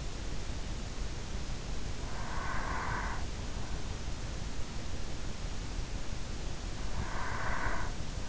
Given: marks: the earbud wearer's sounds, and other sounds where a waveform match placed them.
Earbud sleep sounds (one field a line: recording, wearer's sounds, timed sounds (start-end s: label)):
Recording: sounds in sleep by an in-ear microphone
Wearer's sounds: breath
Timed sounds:
1.80-3.57 s: breath
6.76-8.29 s: breath